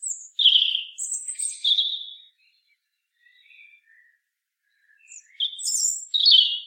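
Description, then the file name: European robin song: a rich trilling phrase with thin high whistles, a few soft scattered notes, then another bright tumbling phrase at the end; no other sounds. "Erithacus rubecula"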